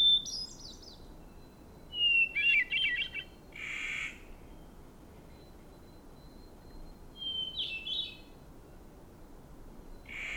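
Bird singing short high phrases: a thin whistled note leading into a quick warbled trill, repeated after several seconds, with soft rushing noise bursts between.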